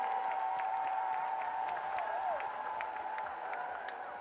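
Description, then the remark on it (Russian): A large audience at the Intervision song contest applauds loudly and steadily for Saudi Arabia, next year's host, dense clapping mixed with crowd noise and a sustained tonal hum, continuing without a break for several seconds. “Подарим аплодисменты стране, которая продолжит прекрасную музыкальную традицию Интервидения в следующем году.”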